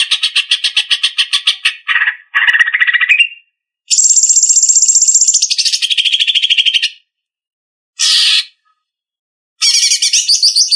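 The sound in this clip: Leafbird song: long varied run of rapid chattering trills, squeaky whistles and harsh buzzes, broken by short pauses.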